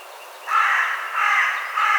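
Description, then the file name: Carrion crow with harsh, raspy caws running together, one long note followed by a second and the start of a third. "Corvus corone"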